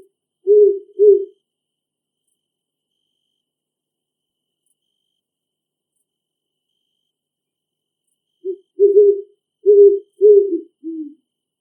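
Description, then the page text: Great horned owl hoots: two low muffled hoots, a long silence, then a run of five hoots with the last dropping slightly lower. In a big forest. "Great horned owl call from big forest. Animal Sounds - Barren Ring of Fire - Gravatt Camp & Conference Center"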